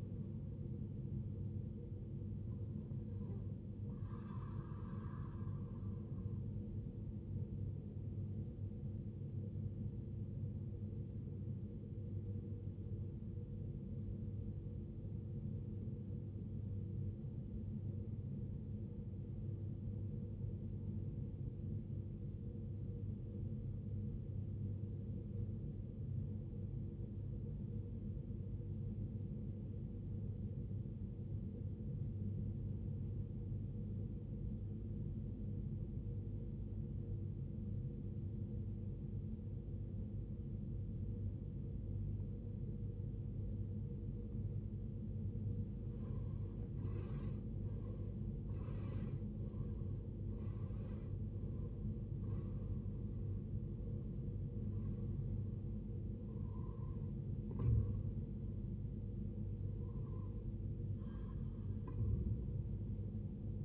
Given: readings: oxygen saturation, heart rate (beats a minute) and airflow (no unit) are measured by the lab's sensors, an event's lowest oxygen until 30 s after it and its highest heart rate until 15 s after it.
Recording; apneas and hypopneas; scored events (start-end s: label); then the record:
breathing in sleep by a smartphone at the bedside; 1
13.00-43.00 s: new sleep stage, N2 (light sleep)
14.00-44.10 s: obstructive apnea (N2, oxygen 95% highest, then 81% lowest, heart rate 60 at the start, 80 highest)
43.00-63.65 s: new sleep stage, N1 (lightest sleep)
From the record:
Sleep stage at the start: N1 (lightest sleep); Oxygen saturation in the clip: 82 to 95%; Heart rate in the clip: 54 to 80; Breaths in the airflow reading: 9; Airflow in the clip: -18.6 to 17.5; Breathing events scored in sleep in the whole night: 389 in 6.3 hours asleep